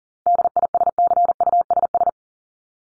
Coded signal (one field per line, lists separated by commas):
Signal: Morse code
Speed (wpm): 40 wpm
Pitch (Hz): 700 Hz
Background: none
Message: DISCUSS